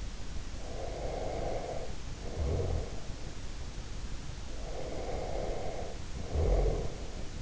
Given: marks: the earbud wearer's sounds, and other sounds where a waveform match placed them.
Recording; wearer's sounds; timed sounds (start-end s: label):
sounds in sleep by an in-ear microphone; breath
0.62-2.95 s: breath
4.57-7.42 s: breath